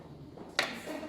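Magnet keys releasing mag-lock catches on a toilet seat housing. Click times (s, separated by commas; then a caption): 0.6 s. Magnet keys are inserted under the housing of an Axent One smart toilet seat, while servicing it to replace the odour fan, to pull the internal mag-lock catches up so the housing can slide forward. After a quiet low hum, a single sharp, bright click rings out at 0.6 s and fades into a soft lingering rustle. The catches are released.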